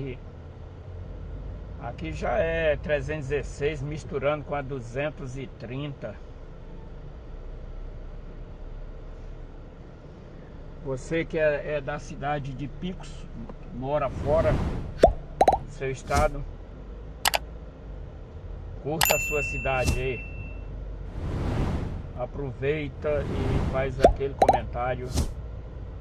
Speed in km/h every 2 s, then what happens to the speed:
13, 6, 4, 5, 0, 0, 0, 0, 6, 11, 9, 10, 12.
1-7 slows to 0. 7-14 standing. 14-17 pulls away to 11. 17-26 steady at about 10.